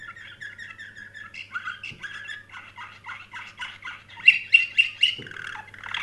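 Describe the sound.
Canary song of rhythmic rolling trill phrases that build to four loud, sharp repeated notes near the end, then a buzzy flourish, over a quiet steady hum.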